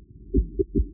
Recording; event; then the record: neck accelerometer signal played as sound; voluntary cough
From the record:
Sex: male